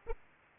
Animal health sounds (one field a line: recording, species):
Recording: mosquito wingbeat signal from an infrared sensor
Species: Aedes aegypti